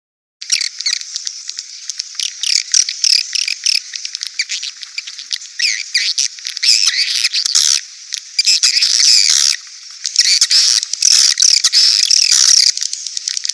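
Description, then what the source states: Swiftlet twittering: dense, rapid high chirps and clicks in a continuous chattering flow. Call used for swiftlet farming in Asia.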